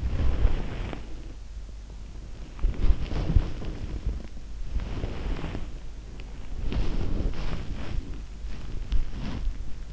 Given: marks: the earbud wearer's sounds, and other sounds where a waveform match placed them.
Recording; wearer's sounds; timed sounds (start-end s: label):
sounds in sleep by an in-ear microphone; body movement
0.00-9.53 s: body movement